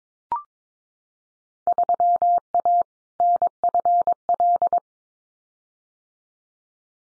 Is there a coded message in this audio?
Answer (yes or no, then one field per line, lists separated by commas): yes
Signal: Morse code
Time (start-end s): 1.7-4.8 s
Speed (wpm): 22 wpm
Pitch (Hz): 700 Hz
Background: none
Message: 3A NFL